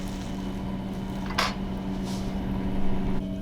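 A retaining (Burk) ring is pushed down inside the eyepiece housing of a Vyper night-vision binocular, worked around its edge with a small screwdriver or tweezers, over a steady low hum. A sharp, bright click at 1.4 s marks the ring snapping down into place. The ring is seated.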